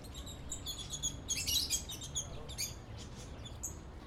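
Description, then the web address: Birds twittering, with a dense burst of high chirps near the middle and scattered tweets over a low background hum. Birds in an aviary in a city park. "Lynne Music 2 Birds-In-City-Park-Aviary"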